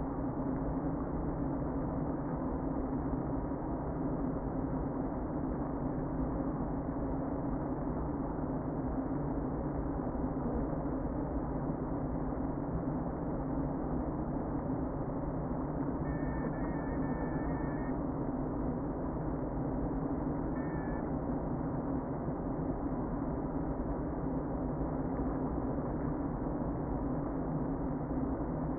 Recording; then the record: honeybee colony, microphone inside the hive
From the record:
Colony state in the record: queen present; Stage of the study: before two queens were removed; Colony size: about 60,000 bees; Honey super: yes